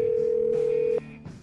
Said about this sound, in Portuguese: E só pra não dizer que eu não tentei, olha só, eu vou ligar agora pra mais um político aqui. Vamos lá, esse eu acho que vai topar, né? Discando. O telefone tá chamando, vamos lá.